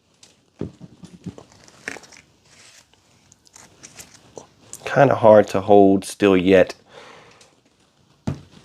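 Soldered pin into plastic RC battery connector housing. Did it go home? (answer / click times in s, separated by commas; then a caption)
yes / 8.3 s. A soldered bullet pin is pushed into a plastic EC3 RC battery connector housing amid faint crinkling and handling noises while someone talks. A sharp little click at 8.3 s marks the pin latching into the housing. It is then pulled with good force and stays in, confirming it is seated.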